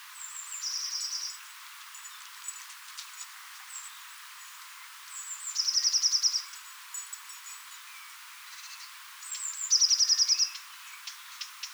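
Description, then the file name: Eurasian blue tit calling: high thin notes leading into a rapid churring trill, repeated three times roughly every four to five seconds. "Cyanistes caeruleus"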